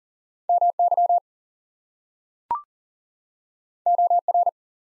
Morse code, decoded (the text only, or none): MY OR